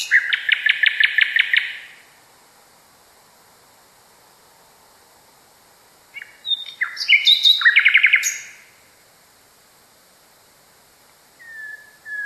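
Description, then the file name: Common nightingale song: a dense, rapid rattle of repeated notes, a pause, then a varied phrase of rising whistles and quick chips, and a faint final whistle. Song, variation 5. "kicauan-nightingale-a-variasi 5-omkicau"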